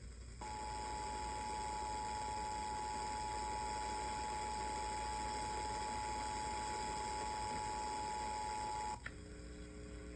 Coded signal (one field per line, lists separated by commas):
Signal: Emergency Alert System (SAME) tones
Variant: 853 and 960 Hz attention tone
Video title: EAS #227 & #228 - JAX SVR for Appling, Bacon, Pierce, Wayne [GA] on WXJ28 & WBYZ-FM